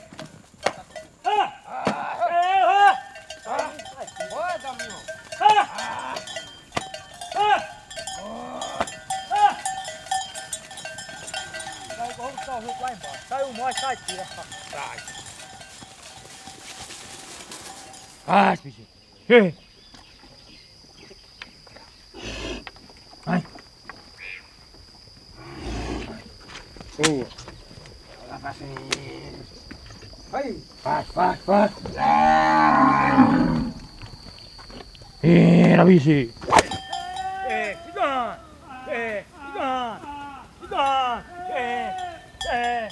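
Cowherds in northeastern Brazil call out to their herd with strange, deep cries, the voices rising and falling in long wavering calls. Cowbells clank throughout, and around 18 seconds a steady high tone enters and holds until about 37 seconds, alongside sharp knocks.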